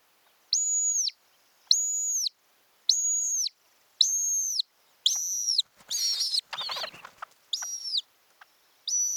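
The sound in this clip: Montagu's harrier repeating piercing level whistles roughly every second, with a burst of rough noise partway through.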